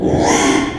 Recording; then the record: squeal of a Yucatan mini pig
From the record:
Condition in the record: after surgery on the right vocal fold (resection and tissue-engineered implant); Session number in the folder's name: 3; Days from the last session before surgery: 33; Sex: male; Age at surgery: 12 weeks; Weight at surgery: 13 kg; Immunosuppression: cyclosporine, prednisolone